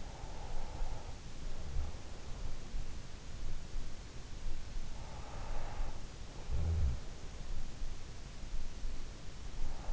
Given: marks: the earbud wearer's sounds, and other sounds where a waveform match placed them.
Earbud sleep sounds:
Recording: sounds in sleep by an in-ear microphone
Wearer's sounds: breath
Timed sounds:
0.00-2.19 s: breath
5.03-7.36 s: breath

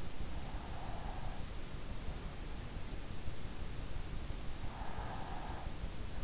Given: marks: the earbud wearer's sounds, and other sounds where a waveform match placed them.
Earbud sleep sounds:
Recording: sounds in sleep by an in-ear microphone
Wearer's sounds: breath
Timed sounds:
0.62-1.88 s: breath
4.57-6.00 s: breath

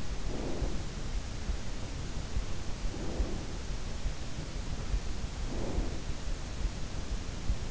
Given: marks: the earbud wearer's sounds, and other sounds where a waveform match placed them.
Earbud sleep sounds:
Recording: sounds in sleep by an in-ear microphone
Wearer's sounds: breath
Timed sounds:
0.30-2.56 s: breath
2.88-4.17 s: breath
5.08-7.60 s: breath

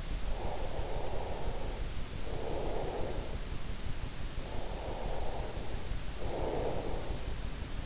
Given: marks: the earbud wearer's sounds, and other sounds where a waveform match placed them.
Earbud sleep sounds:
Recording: sounds in sleep by an in-ear microphone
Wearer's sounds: breath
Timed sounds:
0.00-3.65 s: breath
4.11-7.48 s: breath

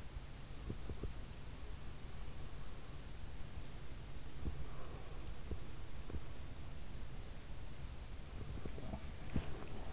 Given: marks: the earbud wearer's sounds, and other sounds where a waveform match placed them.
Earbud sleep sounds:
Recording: sounds in sleep by an in-ear microphone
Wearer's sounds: teeth grinding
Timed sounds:
0.00-1.28 s: teeth grinding
4.25-6.28 s: teeth grinding
8.31-9.48 s: teeth grinding

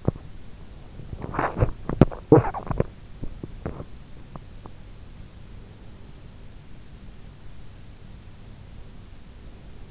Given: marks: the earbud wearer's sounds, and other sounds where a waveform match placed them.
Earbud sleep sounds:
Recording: sounds in sleep by an in-ear microphone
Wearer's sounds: teeth grinding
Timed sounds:
0.00-0.21 s: teeth grinding
1.15-2.96 s: teeth grinding
3.17-4.75 s: teeth grinding

